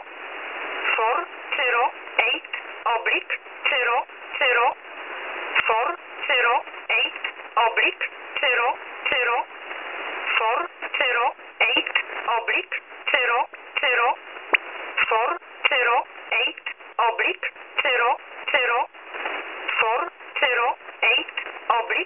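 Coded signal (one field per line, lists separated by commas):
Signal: numbers station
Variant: E11 Oblique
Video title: Polish Number Station E11 - Oblique - Null message - 22.08.2018 17:30 UTC - 7984 kHz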